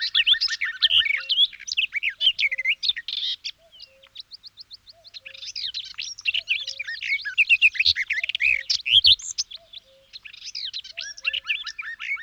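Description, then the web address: Garden warbler song: long, rapid warbling of scratchy and sweet notes, broken around four to five seconds by a short series of thin notes and a brief pause before the flowing phrases resume. "singvoegel gesang. kosmos 93 gartengrasmuecke"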